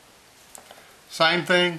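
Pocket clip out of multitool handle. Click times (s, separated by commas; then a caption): 0.6 s. The lock on the removable metal pocket clip of a Leatherman Charge Al multitool is pressed and the clip is pulled out of the handle, giving a short sharp click at 0.6 s as it releases. Softer handling ticks follow, then someone talks.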